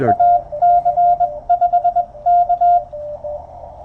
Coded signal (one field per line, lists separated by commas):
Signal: Morse code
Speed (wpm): 20 wpm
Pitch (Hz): 700 Hz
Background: speech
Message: AC5K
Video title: POTA in CW at K-3792 29Sep2023